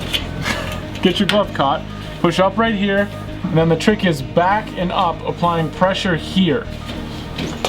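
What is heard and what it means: Someone talks while a plastic underdeck ceiling panel is pushed back and up into its mounted carrier channel, with pressure applied to snap it in, over background music. The clip ends before the panel goes home, so nothing has seated or clicked yet.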